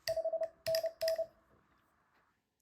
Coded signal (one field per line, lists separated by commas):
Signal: Morse code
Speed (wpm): 30 wpm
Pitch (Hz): 650 Hz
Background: none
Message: 5NN